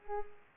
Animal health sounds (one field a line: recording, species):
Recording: mosquito wingbeat signal from an infrared sensor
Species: Culex pipiens